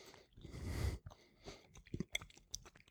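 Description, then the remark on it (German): A bite into dry, spicy salami from central Italy with a very thin skin, followed by steady chewing, with soft crunchy and wet mouth sounds, a breathy exhale early on and scattered crisp clicks. “Das heißt, wenn man die abbeißt, dann fallen eher so Stückchen ab, als dass man das als Masse zu sich.”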